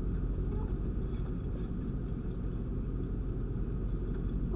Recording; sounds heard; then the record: poultry house recording; sick chickens (respiratory disease)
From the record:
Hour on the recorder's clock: 2